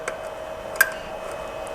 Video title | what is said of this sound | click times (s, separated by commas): Built a 3km Fiber Security Network for a Mountain Resort - Outdoor CCTV Backbone | until you hear a click sound. | 0.8 s